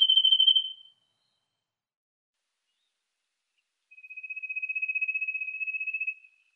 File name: trilling cisticola